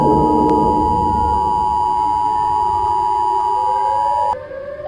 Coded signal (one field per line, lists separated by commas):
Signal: Emergency Alert System (SAME) tones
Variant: 853 and 960 Hz attention tone